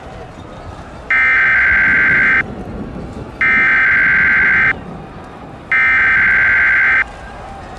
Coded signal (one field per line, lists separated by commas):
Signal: Emergency Alert System (SAME) tones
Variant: header bursts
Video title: EAS Scenario: Yukina Part 1